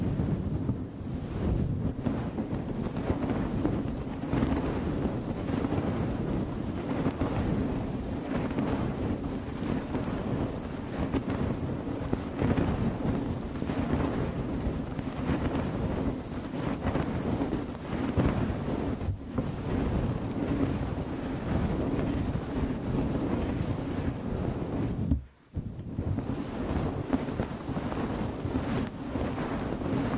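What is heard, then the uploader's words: Gentle microphone scratching and swirling forms a dense, steady rushing rumble throughout, heaviest in the low range, with a brief silent gap near 25 seconds. ASMR Gentle Mic Scratching and Swirling for a DEEP SLEEP.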